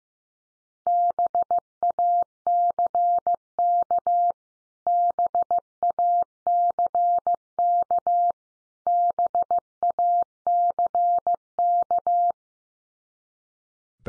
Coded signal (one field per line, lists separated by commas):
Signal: Morse code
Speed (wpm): 15 wpm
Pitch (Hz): 700 Hz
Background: none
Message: BACK BACK BACK